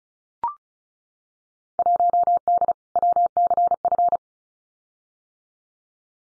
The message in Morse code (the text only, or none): 1D WCF